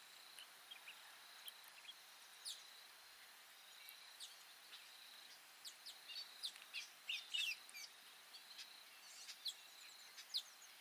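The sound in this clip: Orange weaver calls: scattered high chirps and short buzzy notes, becoming busier after six seconds.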